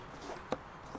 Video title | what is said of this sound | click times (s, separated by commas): Aldi - Ferrex Petrol Self Propelled Mower - Unboxing and Assembly | that in and you can feel it click in when it's holding it properly | 0.5 s